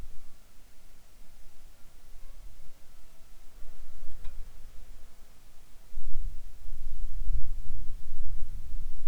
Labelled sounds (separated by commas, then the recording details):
wind, insects
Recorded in the Arctic National Wildlife Refuge, Alaska, on 7 July 2019 at 18:45
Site 41